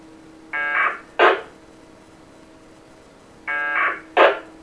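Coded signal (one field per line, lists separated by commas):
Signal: packet radio (AX.25, as in APRS)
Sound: two short buzzy data bursts, each followed by a brief noise crash, with a steady hum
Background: low steady hum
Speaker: you see the Bluetooth receiving from the computer and sending it to the radio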